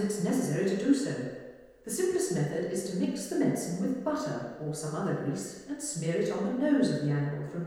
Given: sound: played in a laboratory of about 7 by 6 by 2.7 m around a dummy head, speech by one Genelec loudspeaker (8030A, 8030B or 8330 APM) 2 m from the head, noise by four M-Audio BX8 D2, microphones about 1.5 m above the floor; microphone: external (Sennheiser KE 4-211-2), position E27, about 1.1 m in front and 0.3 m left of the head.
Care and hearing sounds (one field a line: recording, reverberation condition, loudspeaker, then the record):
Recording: female speech in English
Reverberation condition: high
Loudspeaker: 90 degrees to the left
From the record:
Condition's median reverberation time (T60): about 1300 ms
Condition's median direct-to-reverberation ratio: about -4.0 dB